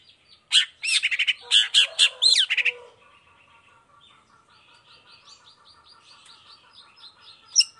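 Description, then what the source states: Long-tailed shrike delivering a quick burst of harsh, stuttering notes and a whistle, followed by faint thin twittering and one sharp note at the end. Cendet singing vigorously in the morning with the 'toet toet' variation, clear-voiced and fully varied; a tutor song easy for any cendet to imitate.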